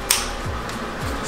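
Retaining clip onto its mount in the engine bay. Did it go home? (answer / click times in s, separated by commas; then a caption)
yes / 0.1 s. A retaining clip is pressed onto its mount in the engine bay of a BMW E92 M3 during the fitting of a Macht Schnell underdrive pulley kit. The clip goes on in one direction and makes a sharp snap at 0.1 s. This is followed by low, faint tonal sweeps, and the clip is seated in place.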